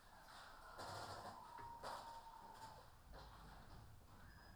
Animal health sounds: poultry house recording; healthy chickens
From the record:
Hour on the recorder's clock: 15

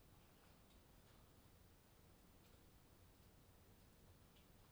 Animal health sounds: poultry house recording; no chicken sound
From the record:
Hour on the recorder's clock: 20

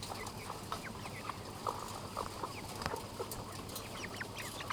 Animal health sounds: poultry house recording; sick chickens (respiratory disease)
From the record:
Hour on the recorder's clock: 1

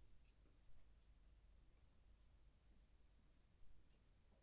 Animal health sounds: poultry house recording; no chicken sound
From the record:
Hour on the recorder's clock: 22

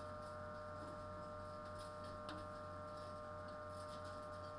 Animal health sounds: poultry house recording; no chicken sound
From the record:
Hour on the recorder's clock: 21

